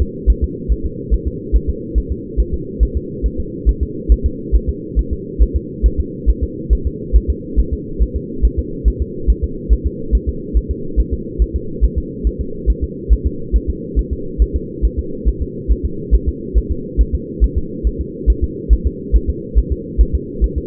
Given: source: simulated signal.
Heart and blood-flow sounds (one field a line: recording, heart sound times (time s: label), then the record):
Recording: fetal heart sounds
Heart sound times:
0.02 s: S2
0.30 s: S1
0.44 s: S2
0.72 s: S1
0.86 s: S2
1.14 s: S1
1.28 s: S2
1.56 s: S1
1.70 s: S2
1.98 s: S1
2.12 s: S2
2.40 s: S1
2.54 s: S2
2.83 s: S1
2.97 s: S2
3.26 s: S1
3.40 s: S2
3.69 s: S1
3.83 s: S2
4.12 s: S1
4.26 s: S2
4.56 s: S1
4.69 s: S2
4.99 s: S1
5.13 s: S2
5.42 s: S1
5.56 s: S2
5.86 s: S1
6.00 s: S2
6.30 s: S1
6.43 s: S2
6.73 s: S1
6.87 s: S2
7.16 s: S1
7.30 s: S2
7.59 s: S1
7.73 s: S2
8.03 s: S1
8.16 s: S2
8.45 s: S1
8.59 s: S2
8.88 s: S1
9.02 s: S2
9.30 s: S1
9.44 s: S2
9.73 s: S1
9.87 s: S2
10.15 s: S1
10.29 s: S2
10.57 s: S1
10.71 s: S2
11.00 s: S1
11.14 s: S2
11.42 s: S1
11.56 s: S2
11.84 s: S1
11.98 s: S2
12.27 s: S1
12.41 s: S2
12.70 s: S1
12.84 s: S2
13.13 s: S1
13.27 s: S2
13.56 s: S1
13.70 s: S2
13.99 s: S1
14.13 s: S2
14.42 s: S1
14.56 s: S2
14.85 s: S1
14.99 s: S2
15.28 s: S1
15.42 s: S2
15.72 s: S1
15.85 s: S2
16.15 s: S1
16.28 s: S2
16.58 s: S1
16.72 s: S2
17.01 s: S1
17.15 s: S2
17.44 s: S1
17.58 s: S2
17.87 s: S1
18.01 s: S2
18.30 s: S1
18.44 s: S2
18.73 s: S1
18.87 s: S2
19.16 s: S1
19.30 s: S2
19.59 s: S1
19.72 s: S2
20.01 s: S1
20.15 s: S2
20.44 s: S1
20.58 s: S2
From the record:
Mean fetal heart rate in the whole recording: 140 bpm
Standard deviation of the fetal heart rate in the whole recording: 2 bpm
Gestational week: 34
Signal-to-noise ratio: -4.3 dB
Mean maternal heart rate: 72 bpm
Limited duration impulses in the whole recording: absent